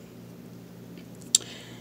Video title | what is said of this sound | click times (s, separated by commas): Mini Doll Figures - EBay Bid Win - Mcdonald's Barbie, Ken, Target Dolls Unboxing | she can click into place like that and then | 1.4 s